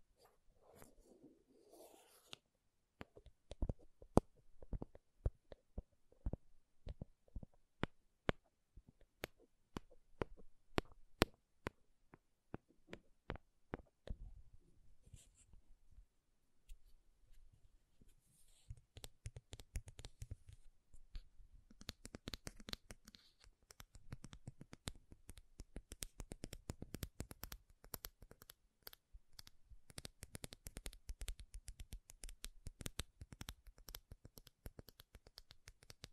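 Makeup tapping and scratching: sharp clicks and taps come in loose bursts at first, with a soft rustle at the start. After about fifteen seconds the sounds thicken into dense, rapid scratching and tapping that continues steadily to the end.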